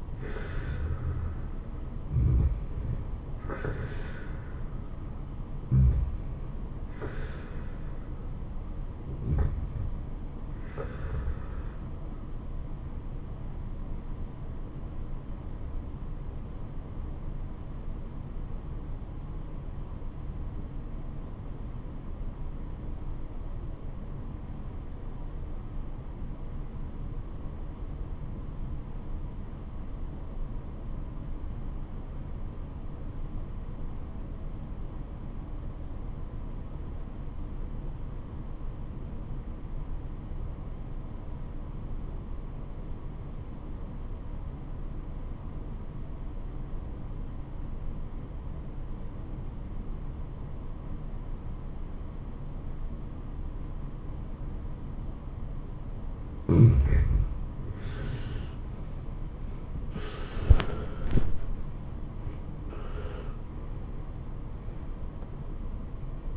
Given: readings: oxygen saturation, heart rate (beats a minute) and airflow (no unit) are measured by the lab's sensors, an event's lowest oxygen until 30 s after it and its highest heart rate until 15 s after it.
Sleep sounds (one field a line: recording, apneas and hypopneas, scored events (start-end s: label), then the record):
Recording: breathing in sleep by a smartphone at the bedside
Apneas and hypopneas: 1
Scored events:
16.00-57.80 s: obstructive apnea (REM, oxygen 96% highest, then 69% lowest, heart rate 87 at the start, 97 highest)
56.00-66.37 s: new sleep stage, N1 (lightest sleep)
From the record:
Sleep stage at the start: REM sleep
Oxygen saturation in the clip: 70 to 96%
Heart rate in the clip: 63 to 97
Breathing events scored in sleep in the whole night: 426 in 7.4 hours asleep